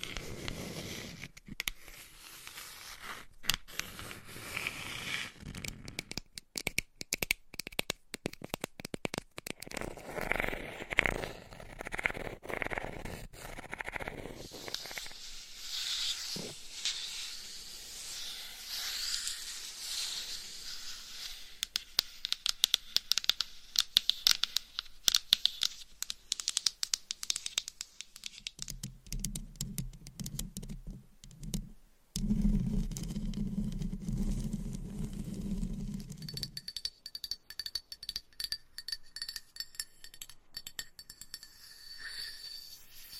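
Gentle tapping and scratching go on throughout, with a steady hiss underneath. Dense, fast, crackly scratching fills the middle stretch with a bright, papery edge, then gives way to a lower, softer rubbing after about 28 seconds, and a faint high ringing tone enters near the end.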